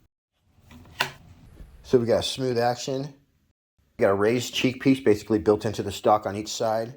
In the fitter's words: and when you put it back, it snaps back into place so nicely.